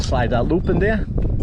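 A windshield wiper blade is being handled into the hook of a metal wiper arm on a Chevy Blazer while someone talks over faint low background rumble. The plastic wiper blade clip has not yet been pulled up into the hook, and nothing has seated or clicked yet.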